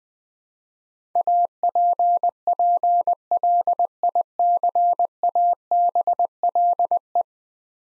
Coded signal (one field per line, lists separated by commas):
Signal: Morse code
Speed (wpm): 20 wpm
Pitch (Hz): 700 Hz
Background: none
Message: APPLICABLE